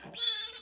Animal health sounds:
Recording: pig call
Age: piglet (1 to 25 days)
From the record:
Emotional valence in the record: negative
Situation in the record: restrain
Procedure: sham castration, cut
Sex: male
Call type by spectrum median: high-frequency call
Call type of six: mixed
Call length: 0.62 s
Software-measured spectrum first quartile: 4117 Hz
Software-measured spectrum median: 5337 Hz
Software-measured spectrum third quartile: 8032 Hz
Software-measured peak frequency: 3445 Hz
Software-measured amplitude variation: 132 dB a second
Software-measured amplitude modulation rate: 15.2 a second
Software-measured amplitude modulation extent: 8.7 dB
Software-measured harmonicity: 7.7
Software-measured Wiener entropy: -2.42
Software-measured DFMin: 748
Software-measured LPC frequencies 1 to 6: 680, 1683, 3439, 4045, 4789, 5303 Hz

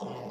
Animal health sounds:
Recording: pig call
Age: piglet (1 to 25 days)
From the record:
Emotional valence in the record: negative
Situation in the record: long isolation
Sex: female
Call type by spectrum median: low-frequency call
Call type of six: mixed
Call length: 0.32 s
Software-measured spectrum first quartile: 281 Hz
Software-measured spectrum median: 513 Hz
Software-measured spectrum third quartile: 870 Hz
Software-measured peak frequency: 198 Hz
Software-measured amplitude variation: 99 dB a second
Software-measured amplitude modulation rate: 29.9 a second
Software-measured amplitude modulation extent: 3.3 dB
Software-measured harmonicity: -0.3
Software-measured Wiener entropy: -0.29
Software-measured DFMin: 1483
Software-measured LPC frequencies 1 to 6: 517, 870, 2024, 2950, 4878, 5622 Hz

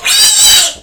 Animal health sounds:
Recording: pig call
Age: piglet (1 to 25 days)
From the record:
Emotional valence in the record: negative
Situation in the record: restrain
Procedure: in the arms of a person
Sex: male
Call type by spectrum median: high-frequency call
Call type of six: high-frequency modulated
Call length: 0.82 s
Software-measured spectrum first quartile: 3931 Hz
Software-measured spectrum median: 5767 Hz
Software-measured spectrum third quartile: 8279 Hz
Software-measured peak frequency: 4743 Hz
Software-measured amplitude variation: 98 dB a second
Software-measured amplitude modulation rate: 15.2 a second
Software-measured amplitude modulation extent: 6.5 dB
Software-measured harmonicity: 3.2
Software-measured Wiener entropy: -1.78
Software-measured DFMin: 755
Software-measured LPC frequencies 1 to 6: 852, 1648, 2468, 3065, 3871, 4691 Hz

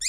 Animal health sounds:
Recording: pig call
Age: weaner (32 to 43 days)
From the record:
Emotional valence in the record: negative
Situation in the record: novel object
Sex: female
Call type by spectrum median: high-frequency call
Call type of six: high-frequency stable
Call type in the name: high-frequency stable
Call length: 0.09 s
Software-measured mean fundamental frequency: 1600 Hz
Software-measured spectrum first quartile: 4114 Hz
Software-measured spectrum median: 6055 Hz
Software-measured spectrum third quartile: 7496 Hz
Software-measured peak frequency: 7452 Hz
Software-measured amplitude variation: 86 dB a second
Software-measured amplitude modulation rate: 5.6 a second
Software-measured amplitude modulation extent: 15.2 dB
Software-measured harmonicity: 11.0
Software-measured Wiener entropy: -4.39

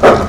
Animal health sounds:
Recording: pig call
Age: growing-finishing pig (85 days or more)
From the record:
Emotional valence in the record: positive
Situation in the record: run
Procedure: transit

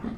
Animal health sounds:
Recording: pig call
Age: growing-finishing pig (85 days or more)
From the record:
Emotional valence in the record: negative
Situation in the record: barren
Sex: male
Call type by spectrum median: low-frequency call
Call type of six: low-frequency stable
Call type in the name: low-frequency stable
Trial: 4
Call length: 0.18 s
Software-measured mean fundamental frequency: 56 Hz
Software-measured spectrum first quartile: 199 Hz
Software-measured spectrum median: 270 Hz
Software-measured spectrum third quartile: 560 Hz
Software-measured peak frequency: 224 Hz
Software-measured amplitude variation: 222 dB a second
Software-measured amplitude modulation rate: 14.0 a second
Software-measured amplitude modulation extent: 15.8 dB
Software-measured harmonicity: 4.9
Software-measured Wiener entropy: -0.57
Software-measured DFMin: 797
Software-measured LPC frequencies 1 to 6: 1160, 1878, 3453, 4776, 5597, 6573 Hz

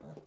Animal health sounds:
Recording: pig call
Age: piglet (1 to 25 days)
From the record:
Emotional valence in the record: negative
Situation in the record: long isolation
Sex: female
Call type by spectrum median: low-frequency call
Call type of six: mixed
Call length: 0.27 s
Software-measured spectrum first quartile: 181 Hz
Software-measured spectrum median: 338 Hz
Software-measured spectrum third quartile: 585 Hz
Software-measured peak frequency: 224 Hz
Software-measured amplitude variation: 188 dB a second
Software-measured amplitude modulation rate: 28.1 a second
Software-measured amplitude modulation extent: 6.7 dB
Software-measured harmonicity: -0.1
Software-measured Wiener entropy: 0.31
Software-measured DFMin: 1404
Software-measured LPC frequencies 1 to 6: 516, 3789, 4824, 5705, 7133, 8427 Hz

